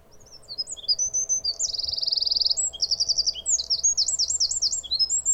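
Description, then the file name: Eurasian wren singing a fast, very high cascade of sharp chips, a dense buzzy trill and rolling twittered phrases, delivered without pause throughout. "Troglodytes troglodytes"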